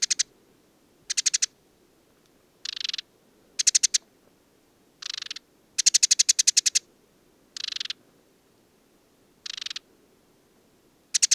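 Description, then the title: Desert Sparrow delivering repeated dry, rapid trills, each burst lasting about a second or less, separated by brief pauses. Male perched atop an acacia, Mayateg oasis, Mauritania, 22 February 2019; song of twitters, trills and improvisations recalling Common Linnet; no wind; recorded with Tlp7 parabolic dish and MixPre-3. "Le Moineau blanc du désert - Mauritanie"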